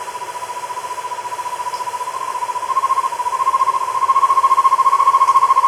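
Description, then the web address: Buff-fronted owl trilling with quick evenly spaced hoots, growing louder and edging slightly higher in pitch partway through, over faint hiss. Ecuador, South America. "Natures Songs S America Birds of Ecuador. Buff-Fronted Owl"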